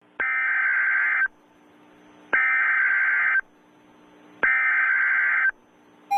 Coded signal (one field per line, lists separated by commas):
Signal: Emergency Alert System (SAME) tones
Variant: header bursts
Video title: EAS Scenario - Brianna.exe